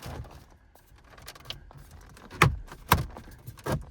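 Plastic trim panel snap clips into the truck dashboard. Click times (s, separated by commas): 2.4 s, 2.9 s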